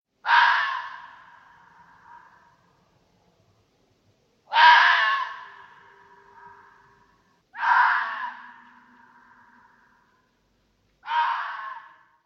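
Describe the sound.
Fox screams: four harsh, hoarse cries, each fading into a trailing rasp, spaced about three to four seconds apart, with silence between.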